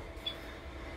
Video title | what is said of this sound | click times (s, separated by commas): Replacing Batteries in APC Smart-UPS Battery Backup UPC2200 | back in the rack we just slid in there slide all the way until it clicks in place put | 0.3 s